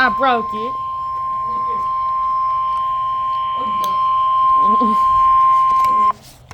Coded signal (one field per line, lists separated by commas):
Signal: Emergency Alert System (SAME) tones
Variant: 1050 Hz attention tone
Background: speech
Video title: EAS COMP FOR 2024 EAS ALERTS FROM #eas 1488 TO #eas 1578